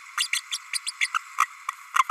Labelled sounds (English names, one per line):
Green-rumped Parrotlet babbling